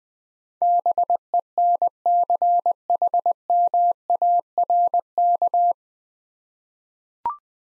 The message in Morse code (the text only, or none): BENCHMARK